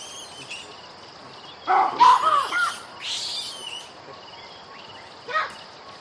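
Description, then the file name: Baboon calls: a cluster of loud, harsh barking and grunting calls midway, a softer call after, and a short final bark near the end, over steady hiss. "audio hero Baboon"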